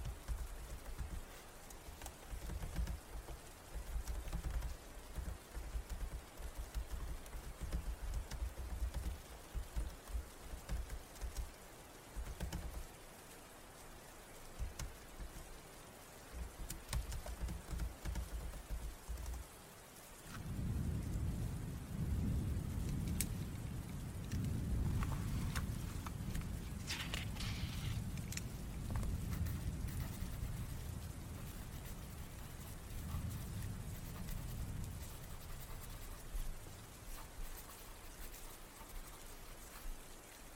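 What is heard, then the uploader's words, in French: Rain falls steadily throughout, a dense, even patter with scattered sharper drops and clicks. A low rumble comes and goes in the first half, then from about 20 seconds a heavier, thunder-like roll swells and holds until roughly 36 seconds before easing. STUDY WITH ME en ASMR (fond pluie et triggers). Fond pluie et bruits ASMR.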